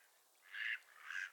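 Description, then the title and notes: Mallard quacks, two nasal calls in quick succession over a quiet background. Raft of at least 100 Mallards on the water of Otter Creek, Sleeping Bear Dunes National Lakeshore, very talkative during heavy snow, 26 January 2023, 10:00 AM. "A Morning on Otter Creek with a Raft of Ducks. Nature is my Jam. it is time well spent with a raft of Mallard Ducks"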